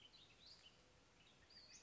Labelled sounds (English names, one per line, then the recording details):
Western Tanager
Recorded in Sonoma County, California